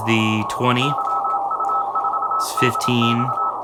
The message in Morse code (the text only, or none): YU4DX